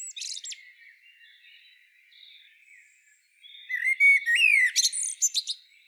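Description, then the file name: Common blackbird song: the tail of one phrase, a quiet pause, then a fluted warble that slides up and breaks into high, squeaky twittering notes. "Turdus merula"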